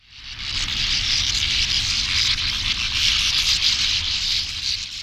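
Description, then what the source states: Bank swallows calling: a dense, continuous clatter of many overlapping high, scratchy chirps from a colony, with no single voice standing out. A colony of bank swallows giving a clatter of calls.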